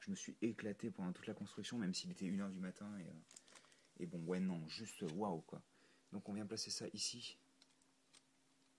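Someone talks while placing a LEGO plastic brick part onto the wheel assembly of a toy motorcycle from The LEGO Movie's Super Cycle Chase set, with a few faint handling ticks near the end. Nothing has seated or clicked into place yet.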